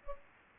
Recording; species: mosquito wingbeat signal from an infrared sensor; Culex pipiens